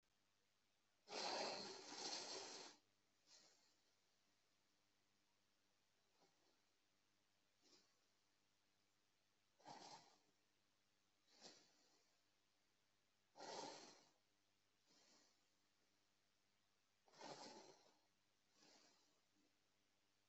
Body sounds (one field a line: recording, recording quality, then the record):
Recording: deep breathing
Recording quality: excellent, no background noise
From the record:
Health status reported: healthy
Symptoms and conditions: none ticked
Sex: male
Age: 24 years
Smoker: not ticked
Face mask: not worn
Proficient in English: yes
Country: India